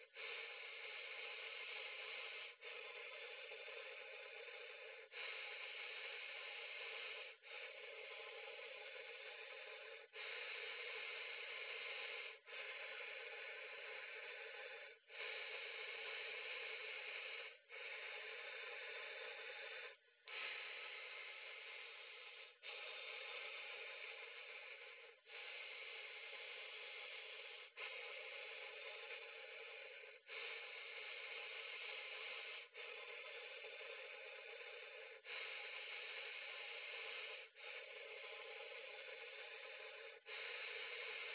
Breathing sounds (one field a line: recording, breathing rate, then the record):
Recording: paced breathing near a phone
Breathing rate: 12 breaths a minute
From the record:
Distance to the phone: 40 cm